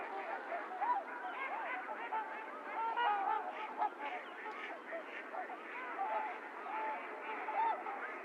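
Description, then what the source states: Trumpeter swans giving a dense chorus of nasal, honking calls, many birds overlapping continuously with no pauses. Several swans recorded 28 January 2022; low-cut filtered.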